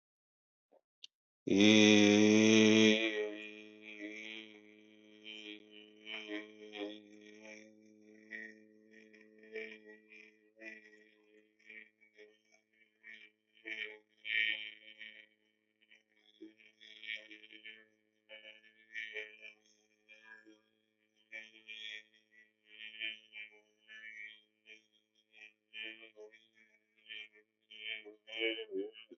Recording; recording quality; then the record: sustained vowel as in made; excellent, no background noise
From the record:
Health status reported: healthy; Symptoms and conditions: none ticked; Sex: male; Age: 51 years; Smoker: not ticked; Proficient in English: yes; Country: India